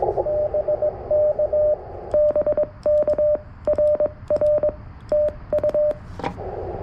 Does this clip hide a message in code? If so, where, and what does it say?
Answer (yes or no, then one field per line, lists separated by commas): yes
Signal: Morse code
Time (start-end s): 0.3-5.9 s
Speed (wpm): 20 wpm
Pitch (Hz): 600 Hz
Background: radio noise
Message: BK BK RR TU